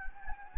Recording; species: mosquito wingbeat signal from an infrared sensor; Anopheles gambiae